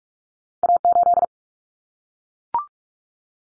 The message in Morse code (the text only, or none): A8